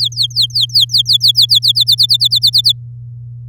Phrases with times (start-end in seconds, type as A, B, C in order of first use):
0.00-1.84 A, 1.87-2.72 B